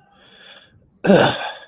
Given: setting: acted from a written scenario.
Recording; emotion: vocal sound without words; contempt